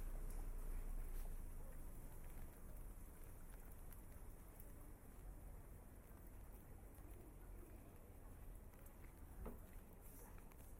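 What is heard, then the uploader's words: Walking through a rainy Tokyo street, a steady wash of rain hiss fills the whole clip with a low rumble underneath. Faint scattered taps and bumps come through, with a brief sharper knock near the nine-second mark and a hint of voices or birds. WALKING IN THE RAIN TOKYO JAPAN. Walking in the streets of Tokyo, Japan. Rain bumps, walking on wet concrete, and wooden clogs on the streets.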